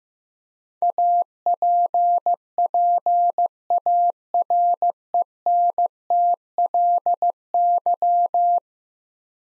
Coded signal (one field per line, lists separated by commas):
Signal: Morse code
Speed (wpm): 15 wpm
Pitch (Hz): 700 Hz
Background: none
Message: APPARENTLY